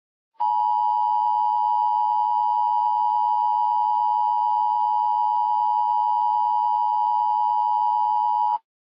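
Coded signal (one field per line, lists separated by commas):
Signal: Emergency Alert System (SAME) tones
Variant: 853 and 960 Hz attention tone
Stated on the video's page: Simulated EAS scenario, music made in FL Studio.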